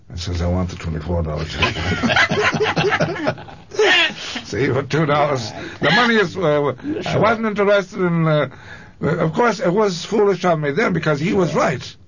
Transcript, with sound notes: I says, "I want the twenty-four dollar job." (laughs) See for two dollars, the money is what I want. It wasn't until less than --. Of course, it was foolish of me then because he was right.